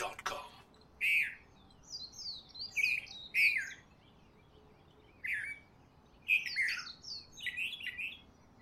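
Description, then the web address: Bird chirps: bright, short sweeping notes in quick bursts, several loud single chirps then a twittering run, with a brief thump at the start. Recorded in Honolulu in the morning. "lynne-publishing Honolulu Morning Bird"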